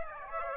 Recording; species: mosquito wingbeat signal from an infrared sensor; Aedes aegypti